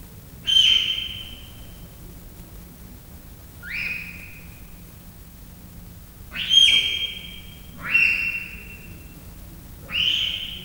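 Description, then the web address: Leopard cub chirping: five shrill, whistle-like calls, each sliding slightly downward, at irregular intervals. Three-month-old captive leopard cubs chirping and meowing at a zoo in Miskolc, 2009. "miskolcizoo 2009 standardt leopard"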